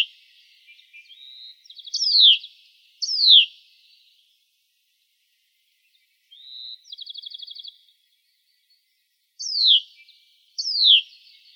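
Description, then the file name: Hutton's vireo calling: high buzzy chatters alternating with sharp downslurred notes, given in spaced bursts with silent gaps between. "HUVI 5 deviche"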